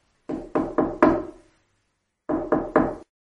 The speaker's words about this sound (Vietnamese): Có tiếng gõ cửa.